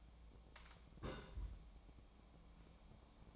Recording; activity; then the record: daily activity, microphone in the room; place on stove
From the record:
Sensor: 1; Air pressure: 1000.0 hPa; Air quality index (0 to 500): 134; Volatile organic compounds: 2 ppm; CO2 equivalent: 1265 ppm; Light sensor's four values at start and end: 41/104/44/54 and 41/104/44/54